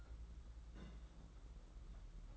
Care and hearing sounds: daily activity, microphone in the room; place on stove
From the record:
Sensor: 3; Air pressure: 992.0 hPa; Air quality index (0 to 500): 229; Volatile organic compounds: 1000 ppm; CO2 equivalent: 7871 ppm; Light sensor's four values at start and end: 24/73/30/25 and 24/73/30/25

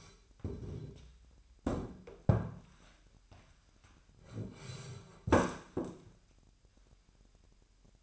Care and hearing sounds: daily activity, microphone in the room; sit down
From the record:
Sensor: 2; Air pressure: 998.4 hPa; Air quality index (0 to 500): 130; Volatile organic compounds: 3 ppm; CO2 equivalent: 1473 ppm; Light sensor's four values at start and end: 7/16/7/7 and 8/19/8/8

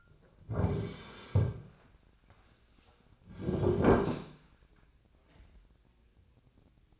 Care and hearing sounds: daily activity, microphone in the room; sit down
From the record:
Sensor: 2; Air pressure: 1009.1 hPa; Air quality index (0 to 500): 176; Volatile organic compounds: 2 ppm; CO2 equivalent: 1288 ppm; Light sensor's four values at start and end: 35/91/39/41 and 32/83/36/38

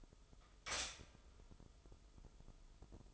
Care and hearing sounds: daily activity, microphone in the room; stop toaster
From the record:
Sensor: 5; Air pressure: 988.7 hPa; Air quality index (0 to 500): 226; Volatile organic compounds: 150 ppm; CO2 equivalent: 4022 ppm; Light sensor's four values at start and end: 40/124/48/52 and 40/124/48/52

